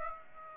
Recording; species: mosquito wingbeat signal from an infrared sensor; Aedes aegypti